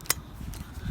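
A folding stainless steel pot-support arm on a mini alcohol camping stove is pulled out of its bottom detent, rotated, and dropped into the detent slot on the stove body. A sharp metallic click at 0.1 s marks the arm snapping into the detent, followed by faint handling sounds and low background noise. The arm is seated and held in place.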